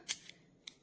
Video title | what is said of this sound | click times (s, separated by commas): Reseña del ANBEISTEE 45,000 RPM Torno para Uñas Eléctricos, Lima Electrica Uñas Profesional, Pedicur | and then it's locked into place. | 0.7 s